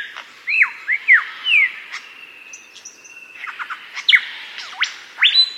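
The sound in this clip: Superb lyrebird song of arching whistled notes, a long steady tone and abrupt rising sweeps, delivered in a lively varied sequence.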